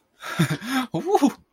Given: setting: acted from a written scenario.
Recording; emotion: vocal sound without words; elation